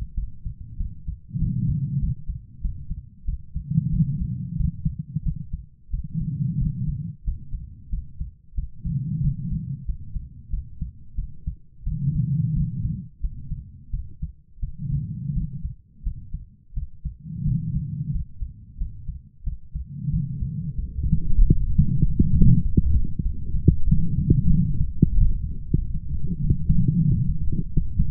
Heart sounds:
heart sounds by stethoscope; 91 bpm
0.14 s: heartbeat
0.76 s: heartbeat
1.37 s: heartbeat
1.99 s: heartbeat
2.60 s: heartbeat
3.24 s: heartbeat
3.89 s: heartbeat
4.56 s: heartbeat
5.22 s: heartbeat
5.89 s: heartbeat
6.57 s: heartbeat
7.23 s: heartbeat
7.89 s: heartbeat
8.54 s: heartbeat
9.20 s: heartbeat
9.85 s: heartbeat
10.49 s: heartbeat
11.14 s: heartbeat
11.83 s: heartbeat
12.52 s: heartbeat
13.20 s: heartbeat
13.89 s: heartbeat
14.59 s: heartbeat
15.32 s: heartbeat
16.02 s: heartbeat
16.73 s: heartbeat
17.43 s: heartbeat
18.10 s: heartbeat
18.77 s: heartbeat
19.43 s: heartbeat
20.09 s: heartbeat
20.74 s: heartbeat
21.38 s: heartbeat
22.00 s: heartbeat
22.61 s: heartbeat
23.22 s: heartbeat
23.83 s: heartbeat
24.46 s: heartbeat
25.09 s: heartbeat
25.75 s: heartbeat
26.40 s: heartbeat
27.07 s: heartbeat
27.74 s: heartbeat
From the record:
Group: healthy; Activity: rest 0-21 s, light exercise 21-28 s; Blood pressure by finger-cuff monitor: 135/79 mmHg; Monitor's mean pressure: 99 mmHg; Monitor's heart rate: 91 bpm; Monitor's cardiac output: 7.8 L/min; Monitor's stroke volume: 85 mL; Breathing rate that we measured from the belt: 24 breaths a minute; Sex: female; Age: 32 years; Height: 172 cm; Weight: 71.7 kg

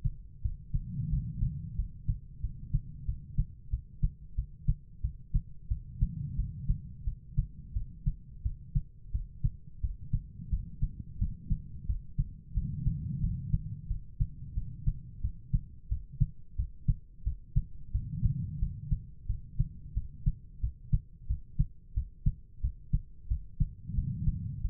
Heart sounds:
heart sounds by stethoscope; 89 bpm
0.41 s: heartbeat
1.09 s: heartbeat
1.75 s: heartbeat
2.40 s: heartbeat
3.04 s: heartbeat
3.69 s: heartbeat
4.34 s: heartbeat
5.00 s: heartbeat
5.67 s: heartbeat
6.35 s: heartbeat
7.03 s: heartbeat
7.72 s: heartbeat
8.42 s: heartbeat
9.11 s: heartbeat
9.80 s: heartbeat
10.49 s: heartbeat
11.18 s: heartbeat
11.86 s: heartbeat
12.53 s: heartbeat
13.20 s: heartbeat
13.87 s: heartbeat
14.53 s: heartbeat
15.20 s: heartbeat
15.88 s: heartbeat
16.55 s: heartbeat
17.23 s: heartbeat
17.91 s: heartbeat
18.58 s: heartbeat
19.25 s: heartbeat
19.93 s: heartbeat
20.59 s: heartbeat
21.26 s: heartbeat
21.93 s: heartbeat
22.60 s: heartbeat
23.27 s: heartbeat
23.94 s: heartbeat
24.60 s: heartbeat
From the record:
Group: healthy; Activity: cold pressor test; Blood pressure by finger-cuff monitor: 109/70 mmHg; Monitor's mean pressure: 85 mmHg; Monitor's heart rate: 89 bpm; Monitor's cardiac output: 6.4 L/min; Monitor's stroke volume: 73 mL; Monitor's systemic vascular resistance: 970 dyn s/cm5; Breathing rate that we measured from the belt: 11 breaths a minute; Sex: female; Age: 43 years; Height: 160 cm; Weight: 90 kg

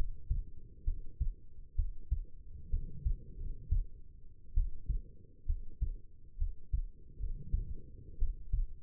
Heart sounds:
heart sounds by stethoscope; 65 bpm
0.84 s: heartbeat
1.75 s: heartbeat
2.69 s: heartbeat
3.36 s: heartbeat
4.53 s: heartbeat
5.45 s: heartbeat
6.37 s: heartbeat
7.18 s: heartbeat
8.18 s: heartbeat
From the record:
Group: healthy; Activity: rest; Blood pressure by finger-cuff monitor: 109/72 mmHg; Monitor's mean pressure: 83 mmHg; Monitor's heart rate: 66 bpm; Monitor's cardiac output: 5.4 L/min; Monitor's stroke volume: 84 mL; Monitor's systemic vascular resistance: 1090 dyn s/cm5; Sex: female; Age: 22 years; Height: 171 cm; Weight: 65.6 kg

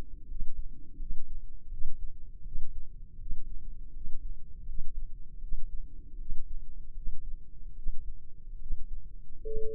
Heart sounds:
heart sounds by microphone in the left ear; 79 bpm
0.26 s: heartbeat
0.97 s: heartbeat
1.69 s: heartbeat
2.42 s: heartbeat
3.17 s: heartbeat
3.91 s: heartbeat
4.64 s: heartbeat
5.39 s: heartbeat
6.16 s: heartbeat
6.93 s: heartbeat
7.73 s: heartbeat
8.57 s: heartbeat
9.41 s: heartbeat
From the record:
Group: healthy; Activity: rest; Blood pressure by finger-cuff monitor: 126/76 mmHg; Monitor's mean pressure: 92 mmHg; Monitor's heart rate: 80 bpm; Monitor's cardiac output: 6.5 L/min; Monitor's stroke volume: 81 mL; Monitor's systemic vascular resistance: 1030 dyn s/cm5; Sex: female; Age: 24 years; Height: 163 cm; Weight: 55.7 kg

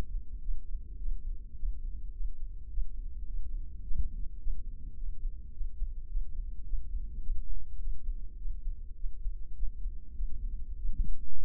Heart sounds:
heart sounds by microphone in the left ear; 104 bpm
0.43 s: heartbeat
1.01 s: heartbeat
1.58 s: heartbeat
2.15 s: heartbeat
2.72 s: heartbeat
3.29 s: heartbeat
3.85 s: heartbeat
4.42 s: heartbeat
4.99 s: heartbeat
5.55 s: heartbeat
6.11 s: heartbeat
6.67 s: heartbeat
7.24 s: heartbeat
7.82 s: heartbeat
8.40 s: heartbeat
8.99 s: heartbeat
9.57 s: heartbeat
10.18 s: heartbeat
10.79 s: heartbeat
11.42 s: heartbeat
From the record:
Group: healthy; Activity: rest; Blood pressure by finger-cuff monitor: 176/78 mmHg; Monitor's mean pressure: 104 mmHg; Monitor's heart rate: 106 bpm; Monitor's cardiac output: 9.5 L/min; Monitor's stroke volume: 90 mL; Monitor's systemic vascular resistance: 780 dyn s/cm5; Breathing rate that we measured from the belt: 17 breaths a minute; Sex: male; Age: 21 years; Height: 175 cm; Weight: 72.6 kg

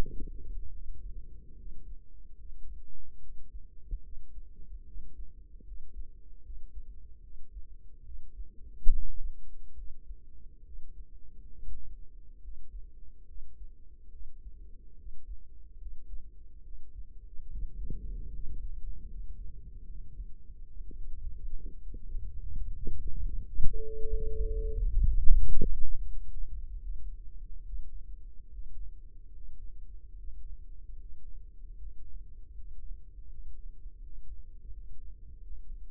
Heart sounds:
heart sounds by microphone in the right ear; 74 bpm
0.69 s: heartbeat
1.54 s: heartbeat
2.35 s: heartbeat
3.18 s: heartbeat
4.01 s: heartbeat
4.83 s: heartbeat
5.63 s: heartbeat
6.41 s: heartbeat
7.20 s: heartbeat
8.02 s: heartbeat
8.88 s: heartbeat
9.73 s: heartbeat
10.62 s: heartbeat
11.54 s: heartbeat
12.39 s: heartbeat
13.24 s: heartbeat
14.09 s: heartbeat
14.94 s: heartbeat
15.77 s: heartbeat
16.61 s: heartbeat
17.47 s: heartbeat
18.30 s: heartbeat
19.05 s: heartbeat
19.84 s: heartbeat
20.68 s: heartbeat
21.53 s: heartbeat
22.37 s: heartbeat
23.21 s: heartbeat
23.99 s: heartbeat
24.74 s: heartbeat
25.39 s: heartbeat
26.07 s: heartbeat
26.80 s: heartbeat
27.63 s: heartbeat
28.48 s: heartbeat
29.31 s: heartbeat
30.14 s: heartbeat
30.95 s: heartbeat
31.74 s: heartbeat
32.51 s: heartbeat
33.26 s: heartbeat
33.99 s: heartbeat
34.70 s: heartbeat
35.39 s: heartbeat
From the record:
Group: healthy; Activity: rest 0-26 s, breath hold 26-36 s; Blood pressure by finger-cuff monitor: 139/88 mmHg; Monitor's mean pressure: 107 mmHg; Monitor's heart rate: 72 bpm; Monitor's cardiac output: 5.5 L/min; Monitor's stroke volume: 73 mL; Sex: male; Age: 35 years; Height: 178 cm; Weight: 64 kg

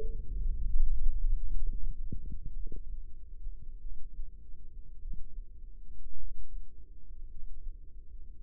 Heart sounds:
heart sounds by microphone in the left ear; 53 bpm
0.39 s: heartbeat
1.21 s: heartbeat
2.54 s: heartbeat
3.80 s: heartbeat
5.00 s: heartbeat
6.18 s: heartbeat
7.29 s: heartbeat
8.37 s: heartbeat
From the record:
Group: healthy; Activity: Valsalva maneuver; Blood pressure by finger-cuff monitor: 87/53 mmHg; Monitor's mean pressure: 65 mmHg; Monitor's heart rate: 50 bpm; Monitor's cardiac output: 4.7 L/min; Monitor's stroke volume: 88 mL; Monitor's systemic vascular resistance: 960 dyn s/cm5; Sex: female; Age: 28 years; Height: 170 cm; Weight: 77 kg

